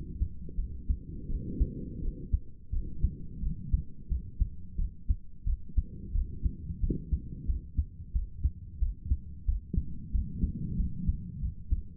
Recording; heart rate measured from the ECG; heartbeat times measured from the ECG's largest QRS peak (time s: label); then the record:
heart sounds by stethoscope; 89 bpm
0.56 s: heartbeat
1.28 s: heartbeat
2.01 s: heartbeat
2.71 s: heartbeat
3.41 s: heartbeat
4.09 s: heartbeat
4.77 s: heartbeat
5.45 s: heartbeat
6.13 s: heartbeat
6.81 s: heartbeat
7.47 s: heartbeat
8.13 s: heartbeat
8.80 s: heartbeat
9.46 s: heartbeat
10.12 s: heartbeat
10.77 s: heartbeat
11.41 s: heartbeat
From the record:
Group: healthy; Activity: cold pressor test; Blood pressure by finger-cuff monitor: 64/46 mmHg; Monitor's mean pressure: 53 mmHg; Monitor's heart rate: 89 bpm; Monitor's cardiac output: 6.9 L/min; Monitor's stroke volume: 78 mL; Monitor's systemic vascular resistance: 530 dyn s/cm5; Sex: female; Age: 22 years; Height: 163 cm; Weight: 67.1 kg